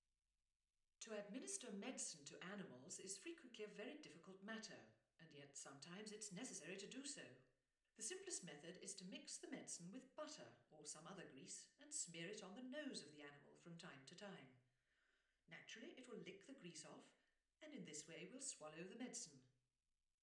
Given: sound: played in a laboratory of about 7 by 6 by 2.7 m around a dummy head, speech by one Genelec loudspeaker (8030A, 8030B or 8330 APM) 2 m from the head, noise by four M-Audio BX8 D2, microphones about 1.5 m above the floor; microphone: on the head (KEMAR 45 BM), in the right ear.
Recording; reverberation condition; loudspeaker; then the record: female speech in English; medium; 60 degrees to the right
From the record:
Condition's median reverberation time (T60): about 510 ms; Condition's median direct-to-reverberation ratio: about -0.5 dB